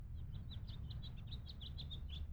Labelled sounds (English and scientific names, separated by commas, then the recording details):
House Finch (Haemorhous mexicanus) song
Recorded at Lynbrook on Long Island, New York, on 17 June 1975
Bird D